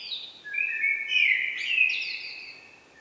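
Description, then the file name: Eurasian blackbird song, a rich flowing warble of fluted notes rising into higher, scratchier twitters, sustained for most of the three seconds before fading. "Turdus merula"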